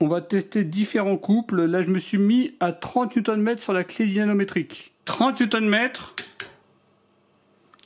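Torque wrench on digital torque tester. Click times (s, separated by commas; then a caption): 6.4 s. Someone talks while a 3/8 in torque wrench, set to 30 Nm, is pulled on a digital torque tester until it breaks over. The wrench clicks sharply at 6.4 s, followed by near silence with faint ticks near the end. The tester reads 29.9 and 28.8 Nm afterwards.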